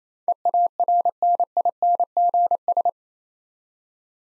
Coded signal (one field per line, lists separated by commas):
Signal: Morse code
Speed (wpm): 28 wpm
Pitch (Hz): 700 Hz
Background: none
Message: EARNINGS